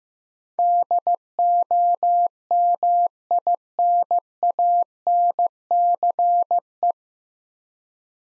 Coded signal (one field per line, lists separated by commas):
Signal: Morse code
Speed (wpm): 16 wpm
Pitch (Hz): 700 Hz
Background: none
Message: DOMINANCE